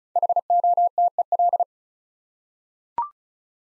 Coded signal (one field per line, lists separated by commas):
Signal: Morse code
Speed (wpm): 36 wpm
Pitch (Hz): 700 Hz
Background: none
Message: HOTEL